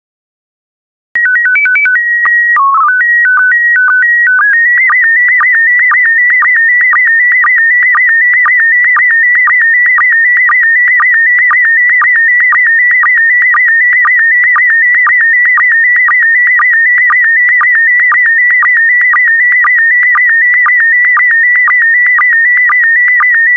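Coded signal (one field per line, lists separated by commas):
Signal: SSTV (slow-scan television)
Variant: PD120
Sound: short warbling header, then a continuous buzzing, chirping tone with regular clicks twice a second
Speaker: get ready starting transmission in 5 4 3 2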